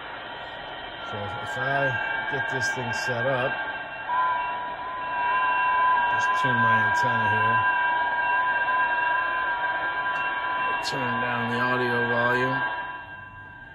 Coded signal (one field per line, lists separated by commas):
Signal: FT8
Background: speech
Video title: Open Source SDR - The sBitX from hfsignals